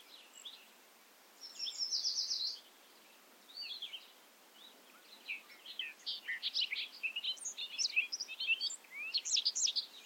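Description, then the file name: Bobolink song: a buzzy metallic phrase, a few slurred notes, then a long tumble of bright, rapid, bubbling notes; light hiss behind. Recorded at Ferme Beauchamp. "A bobolink talks to you from Ferme Beauchamp"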